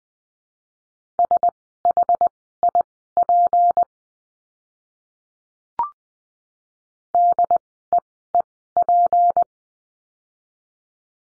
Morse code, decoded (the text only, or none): SHIP DEEP